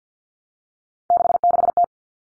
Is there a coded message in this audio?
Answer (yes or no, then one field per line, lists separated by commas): yes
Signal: Morse code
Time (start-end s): 1.1-1.8 s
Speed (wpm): 50 wpm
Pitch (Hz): 700 Hz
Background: none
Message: 66T